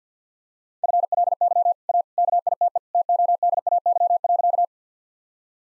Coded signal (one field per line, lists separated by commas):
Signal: Morse code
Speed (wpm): 45 wpm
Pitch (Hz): 700 Hz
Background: none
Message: FLY A KITE TODAY.